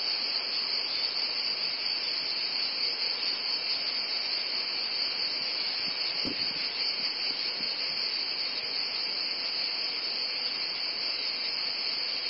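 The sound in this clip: Cicadas droning in a steady, unbroken high-pitched buzz that never pauses, with a brief click about halfway through.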